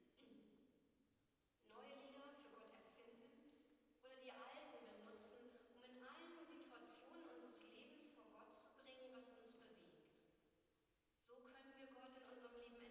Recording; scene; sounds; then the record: everyday scene through a hearing-aid microphone; reverberant space; speech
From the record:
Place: church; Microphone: in the ear canal, right